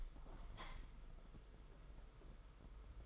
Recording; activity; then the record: daily activity, microphone in the room; open window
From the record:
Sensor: 5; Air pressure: 991.4 hPa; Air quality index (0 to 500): 105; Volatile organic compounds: 22 ppm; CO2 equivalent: 2739 ppm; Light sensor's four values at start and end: 39/125/47/51 and 39/126/47/51